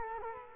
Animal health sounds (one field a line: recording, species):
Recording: mosquito wingbeat signal from an infrared sensor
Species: Culex quinquefasciatus